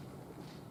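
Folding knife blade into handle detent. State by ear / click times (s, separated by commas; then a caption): not seated / none. A folding knife's blade is being closed into the handle detent, but nothing has seated or clicked yet. Only a steady, low rumbling noise is heard.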